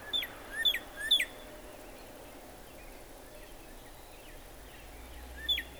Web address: birdsongforthecurious songs Northern Cardinal